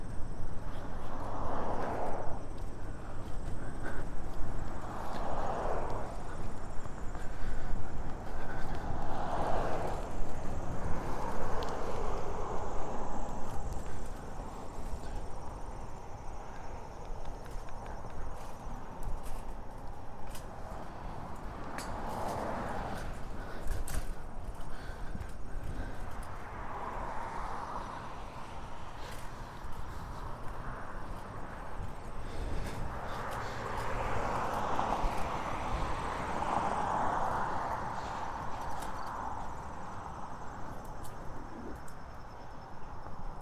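A bike ride, with a steady low rumble of wheels and rushing air throughout. Swelling whooshes come every four or five seconds in the first fourteen seconds, then the sound settles slightly quieter, broken by scattered clicks and rattles and a few more swells near the end.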